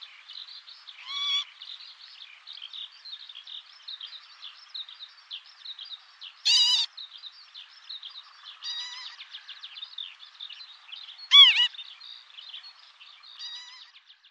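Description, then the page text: Northern lapwing calls: several short, wheezy, harmonic notes at irregular intervals, the loudest near eleven seconds, over steady high twittering from a crowd of other birds. Winter visitor at Seosan, Korea; uncommon winter migrant there from early November to late March on tidal flats, inland wetlands and rice fields. "댕기물떼새(Northern Lapwing)"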